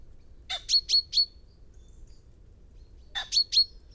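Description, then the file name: Common chaffinch calls: short, sharp high notes in two quick bursts of three to four, each burst under a second long, over a quiet background. "Fringilla coelebs"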